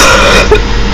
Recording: coughing